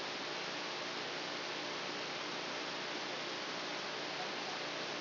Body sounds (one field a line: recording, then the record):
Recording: brain microelectrode recording played as sound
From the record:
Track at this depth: outside the subthalamic nucleus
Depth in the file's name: 7.004 mm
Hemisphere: left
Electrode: 2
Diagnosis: Parkinson's disease